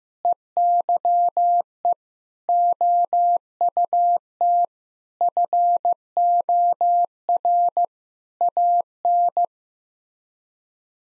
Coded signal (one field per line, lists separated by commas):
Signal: Morse code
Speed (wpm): 15 wpm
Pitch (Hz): 700 Hz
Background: none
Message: EYE OUT FOR AN